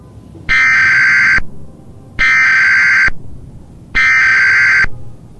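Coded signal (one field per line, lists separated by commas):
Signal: Emergency Alert System (SAME) tones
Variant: header bursts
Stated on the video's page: Fictional EAS simulation about a wildfire disaster; not a real alert.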